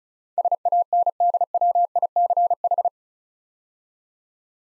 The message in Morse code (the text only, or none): SANDWICH